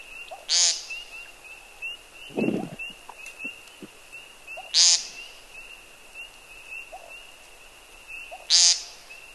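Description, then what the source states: American woodcock giving buzzy, nasal peent notes about every four seconds, over a steady high frog chorus with scattered soft chirps. Played again on a radio bird-sound quiz so listeners know what to listen for; frogs chirp in the background.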